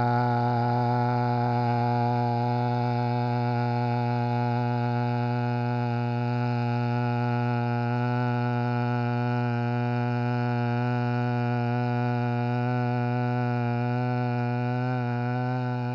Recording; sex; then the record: sustained vowel /a/; male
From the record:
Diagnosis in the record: Parkinson's disease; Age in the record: 70 years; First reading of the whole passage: 65 s, 7.9 characters per second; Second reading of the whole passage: 60 s, 8.6 characters per second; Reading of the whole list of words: 48 s, 5.8 characters per second